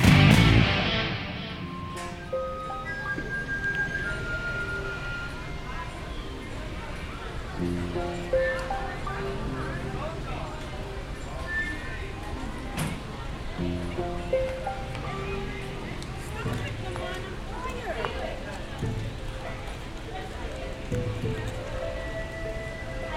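A walk through Animal Kingdom, with a steady murmur of many voices talking throughout. A loud burst opens the first second before settling into the busy crowd chatter, with occasional sharp clicks and knocks, including one around thirteen seconds, and faint footsteps or hoof-like taps.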